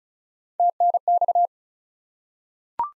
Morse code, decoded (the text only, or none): TNX